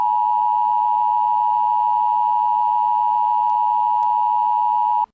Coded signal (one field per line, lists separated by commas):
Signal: Emergency Alert System (SAME) tones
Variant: 853 and 960 Hz attention tone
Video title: Eas Scenario: The Void (interactive)